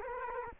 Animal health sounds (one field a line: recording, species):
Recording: mosquito wingbeat signal from an infrared sensor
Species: Culex quinquefasciatus